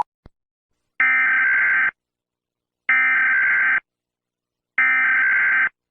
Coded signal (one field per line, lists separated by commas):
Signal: Emergency Alert System (SAME) tones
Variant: header bursts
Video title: EAS murder drones scenario (the fall of the US government)